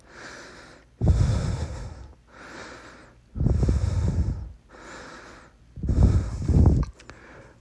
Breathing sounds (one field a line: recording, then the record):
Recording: deep breathing after running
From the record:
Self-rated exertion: vigorous exertion (4 of 6)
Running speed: 10 miles an hour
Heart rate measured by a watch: 104 beats a minute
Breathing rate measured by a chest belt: 13 breaths a minute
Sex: male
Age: 37 years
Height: 174 cm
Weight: 76 kg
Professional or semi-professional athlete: no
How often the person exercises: over 5 times a week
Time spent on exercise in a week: over 5 hours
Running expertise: yes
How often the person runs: 3 to 5 times a week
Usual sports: running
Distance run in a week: 70 km